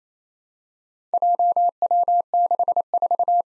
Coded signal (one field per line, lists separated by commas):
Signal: Morse code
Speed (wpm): 28 wpm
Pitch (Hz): 700 Hz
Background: none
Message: JW64